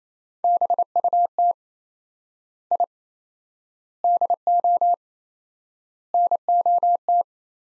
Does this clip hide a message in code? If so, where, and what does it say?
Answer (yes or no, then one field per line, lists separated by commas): yes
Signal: Morse code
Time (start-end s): 0.4-7.2 s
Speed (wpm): 28 wpm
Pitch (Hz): 700 Hz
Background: none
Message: BUT I DO NOT